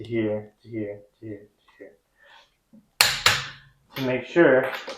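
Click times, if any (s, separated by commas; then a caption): 3.0 s, 3.3 s. Someone talks while a click-type torque wrench tightens the next wheel lug nut on a 2019 Acura ILX in a star pattern, so the nuts get tight evenly. The wrench clicks sharply at 80 ft-lbs at 3.0 s and again at 3.3 s, showing the lug nut has reached torque, and then the talking continues.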